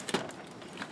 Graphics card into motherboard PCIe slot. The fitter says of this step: and you hear a click once you install it properly now second one supposed to go with a gap